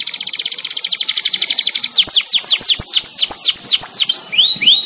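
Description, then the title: Atlantic canary song, a dense rapid trill slowing into a series of sweeping downslurred whistles, with faint clicks and knocks below. Song in the "kalitan" style, described as "gaya gela gelo". "KENARI KALITAN GAYA GELA GELO"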